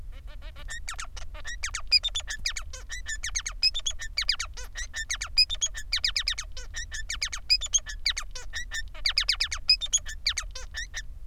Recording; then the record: song of a male Bengalese finch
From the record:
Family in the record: son of father 3